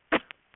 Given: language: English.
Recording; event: throat vibration sensor signal played as sound; cough